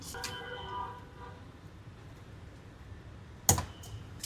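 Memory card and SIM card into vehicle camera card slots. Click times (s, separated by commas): 3.5 s, 4.2 s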